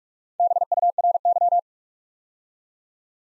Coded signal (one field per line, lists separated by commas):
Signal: Morse code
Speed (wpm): 44 wpm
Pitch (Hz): 700 Hz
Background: none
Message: BURY